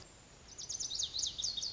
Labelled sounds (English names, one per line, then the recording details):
Lazuli Bunting
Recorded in Sonoma County, California